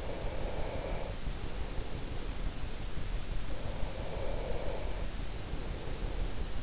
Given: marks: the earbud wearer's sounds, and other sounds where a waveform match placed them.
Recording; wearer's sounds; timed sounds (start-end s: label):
sounds in sleep by an in-ear microphone; breath
0.00-2.45 s: breath
3.32-6.20 s: breath